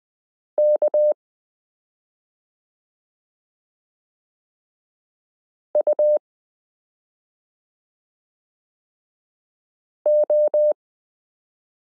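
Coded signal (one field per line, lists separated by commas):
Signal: Morse code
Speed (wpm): 20 wpm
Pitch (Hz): 600 Hz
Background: none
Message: K U O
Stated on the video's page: Morse listening lesson 12 in a Koch-method variation, adding the period to characters m k r s u a p t l o w i.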